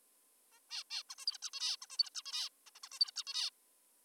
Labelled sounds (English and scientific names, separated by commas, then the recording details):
Zebra Finch (Taeniopygia guttata)
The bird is an adult
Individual g19o3U